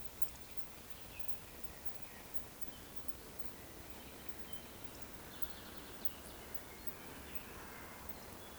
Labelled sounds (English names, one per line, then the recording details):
Eurasian Woodcock whistle
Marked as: whistle, whistle, whistle
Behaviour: display flight
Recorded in Baden-Württemberg, Germany, on 11 June 2020 at 19:58 UTC
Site 14569, 102 m above sea level